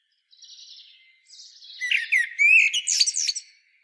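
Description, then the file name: Common blackbird phrase opening with soft high thin notes, then a rising whistle and a quick jumble of sharp twittering notes. "Turdus merula"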